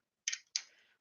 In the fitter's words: oh you okay you push down and then it locks okay